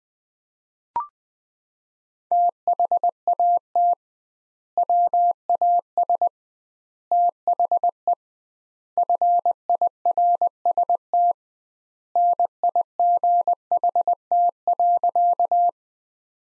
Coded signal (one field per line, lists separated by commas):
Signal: Morse code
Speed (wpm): 21 wpm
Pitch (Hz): 700 Hz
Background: none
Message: THAT WAS THE FIRST NIGHT.